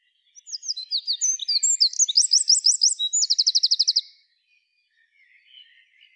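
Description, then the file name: Eurasian wren song: an energetic stream of sharp, high notes that speeds into a rapid, buzzing trill near the end, about four seconds long, with faint chirps after. "Troglodytes troglodytes"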